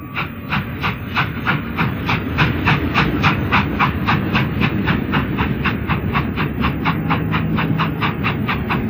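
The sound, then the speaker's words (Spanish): A third-class train carriage rolls steadily along the rails: a deep, continuous rumble under a quick, even clickety-clack, about three beats a second, holding a constant loudness throughout with no voices. “Y en un coche de tercera se fueron los dos a la ciudad triste y lejana de Sindulfo.”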